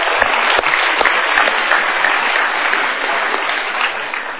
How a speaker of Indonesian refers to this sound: Kita berikan tepuk tangan.